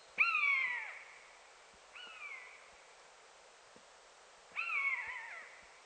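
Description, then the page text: Common buzzard mewing calls: three drawn-out, down-slurred, slightly hoarse cries, the middle one fainter and shorter, spaced about two to three seconds apart against a quiet background. Calling in its natural habitat. "Звуки Канюка. ЗВУКОДАР"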